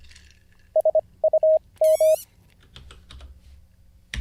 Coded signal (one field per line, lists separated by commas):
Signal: Morse code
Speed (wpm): 24 wpm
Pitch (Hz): 630 Hz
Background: none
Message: SUM